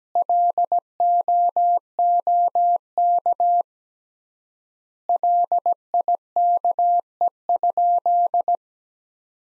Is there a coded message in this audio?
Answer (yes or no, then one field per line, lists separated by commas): yes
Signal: Morse code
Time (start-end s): 0.2-8.6 s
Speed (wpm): 17 wpm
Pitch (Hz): 700 Hz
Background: none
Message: LOOK LIKE?